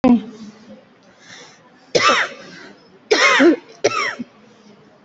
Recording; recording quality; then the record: heavy voluntary cough; excellent, no background noise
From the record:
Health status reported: COVID-19 positive, moderate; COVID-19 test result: positive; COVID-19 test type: RT-PCR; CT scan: taken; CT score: 4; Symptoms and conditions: cough, cold, fatigue, muscle pain, loss of smell and taste, another respiratory illness, hypertension, diabetes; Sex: female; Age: 46 years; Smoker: no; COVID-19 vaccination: both doses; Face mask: worn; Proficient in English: yes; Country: India